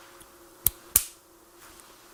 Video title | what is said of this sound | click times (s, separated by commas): How to Install a Surface Mounted 3.5mm Audio Jack on a NuTone SM428 Master Station | you push it in listen carefully that's a socket this thing snaps into place | 0.7 s, 1.0 s